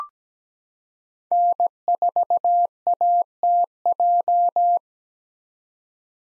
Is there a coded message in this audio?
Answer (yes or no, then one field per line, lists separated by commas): yes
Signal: Morse code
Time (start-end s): 1.3-4.8 s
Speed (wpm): 17 wpm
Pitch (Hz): 700 Hz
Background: none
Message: N4ATJ